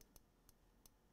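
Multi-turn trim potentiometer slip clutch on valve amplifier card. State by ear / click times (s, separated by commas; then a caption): torque reached / 0.0 s, 0.2 s, 0.5 s, 0.9 s. A 20-turn deadband adjustment potentiometer on a proportional valve amplifier card is turned past its end stop, and its built-in slip clutch slips. Small, sharp clicks sound at 0.0, 0.2, 0.5 and 0.9 s over a quiet background. The clicking shows the potentiometer is fully dialed out, with no damage.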